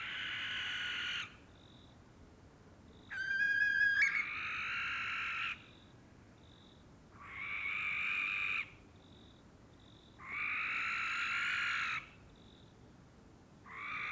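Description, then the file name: Barn owl screeches, several harsh hissing screams repeated at intervals, with one ringing tonal shriek and short high pips between them. A pair in courtship flight. "Common Barn Owl Courtship flight of pair"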